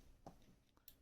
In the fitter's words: push it until it clicks there